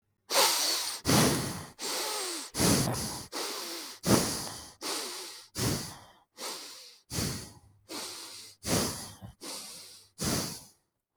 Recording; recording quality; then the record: shallow breathing; excellent, no background noise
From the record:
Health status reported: healthy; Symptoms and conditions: none ticked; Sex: male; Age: 54 years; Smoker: not ticked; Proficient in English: yes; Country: India